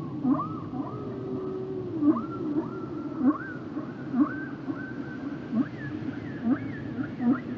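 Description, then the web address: Whale song: repeated rising upsweeps, each with a short low pulse, and a long level moan, over underwater noise. "Natures Songs Whale Songs Whales and Dolphins"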